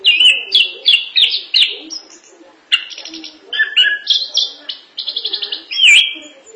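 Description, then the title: Thrush song of rich, varied phrases: quick repeated notes, slurred whistles and buzzy trills in bursts with brief pauses. "burung anis x"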